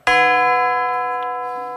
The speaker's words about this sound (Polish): Ten dźwięk pojawi się w tym utworze. On jest bardzo specyficzny. Chciałbym go zaprezentować, żeby nie było zdziwienia, że tutaj, prawda, klawisze i gitara, a tutaj raptownie coś się odzywa, jakiś gong. Otóż dźwięk brzmi tak.